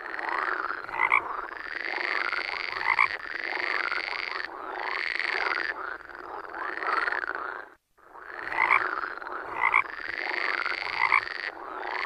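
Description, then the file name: Frog chorus of continuous overlapping croaks and rattling calls, sharper notes standing out every couple of seconds, with a brief silent gap partway through. "Grenouille cri"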